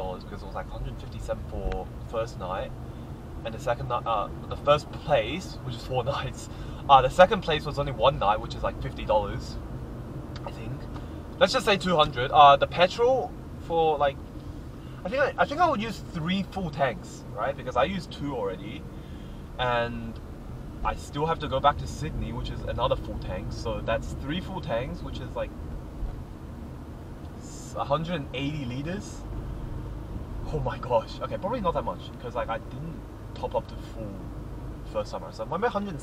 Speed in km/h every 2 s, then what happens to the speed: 23, 29, 33, 34, 37, 38, 35, 34, 33, 30, 30, 31, 32, 33, 34, 35, 37, 39.
0-9 speeds up to 38. 9-21 slows to 30. 21-36 speeds up to 39.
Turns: none.